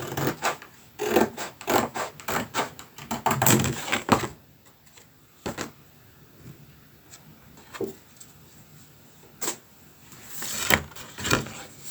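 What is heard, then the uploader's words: Scissors snip and paper is worked, with a quick, busy run of crisp cuts and rustles through the first four seconds. After that the sounds turn sparse: single sharp clacks and snips arrive every couple of seconds against near silence, ending in a brief scuffle. Sound spa of scissor cuts, hole punching and ribboning - for mindfulness and ASMR.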